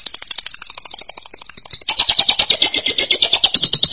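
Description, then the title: Lovebird chatter, fast pulsed high trill that starts softer, then bursts louder and continues steadily with a slight downward slide in pitch. "BM Suara Burung Lovebird"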